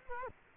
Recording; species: mosquito wingbeat signal from an infrared sensor; Culex quinquefasciatus